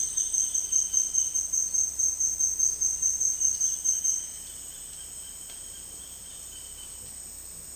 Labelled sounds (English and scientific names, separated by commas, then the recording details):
Roadside Hawk (Rupornis magnirostris)
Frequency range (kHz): Roadside Hawk (Rupornis magnirostris) 2.4-4.2 kHz
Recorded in dense forest near Puerto Asís, Putumayo, Colombia, on 19 February 2024 at 09:30
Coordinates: 0.485, -76.318
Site G6408